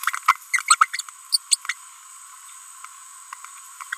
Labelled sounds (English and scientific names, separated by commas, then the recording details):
Green-rumped Parrotlet (Forpus passerinus) babbling
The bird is a female
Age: 30 days
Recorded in a nest box in Venezuela
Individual 17B42B3